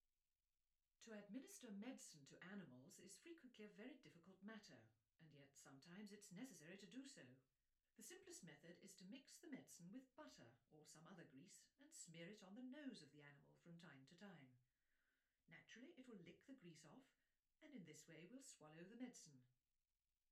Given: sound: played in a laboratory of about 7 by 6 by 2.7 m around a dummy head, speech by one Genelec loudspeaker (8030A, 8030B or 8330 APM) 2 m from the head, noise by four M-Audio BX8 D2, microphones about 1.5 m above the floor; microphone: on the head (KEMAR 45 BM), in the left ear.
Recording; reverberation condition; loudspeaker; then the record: female speech in English; low; 150 degrees to the right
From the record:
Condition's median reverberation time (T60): about 310 ms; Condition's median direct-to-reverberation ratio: about 3.5 dB